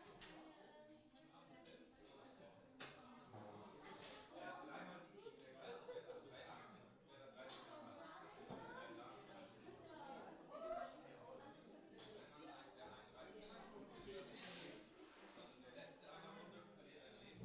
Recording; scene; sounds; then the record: everyday scene through a hearing-aid microphone; many people talking; many voices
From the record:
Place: parish hall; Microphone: in the ear canal, left